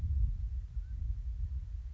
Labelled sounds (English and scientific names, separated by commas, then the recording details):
Mountain Quail (Oreortyx pictus)
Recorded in Sonoma County, California